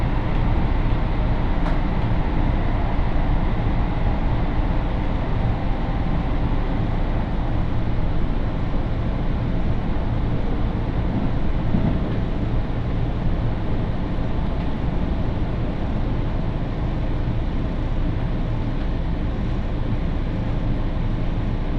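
A steady low rumble from inside a moving train fills the recording, dense and unchanging in loudness throughout. The sound is mostly deep and heavy, with a faint hiss above it, and a brief sharp click comes near the two-second mark.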